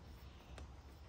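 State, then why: Seated. The upper lip of a rubber door weatherstrip on a G-Body Cutlass is worked by hand into the metal retaining channel near the top of the door frame. A single short pop at 0.6 s rises above a low, steady background. The lip is seated in the channel so it won't fall back out.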